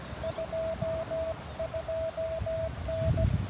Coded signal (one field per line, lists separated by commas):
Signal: Morse code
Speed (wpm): 17 wpm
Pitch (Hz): 650 Hz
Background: none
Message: 22N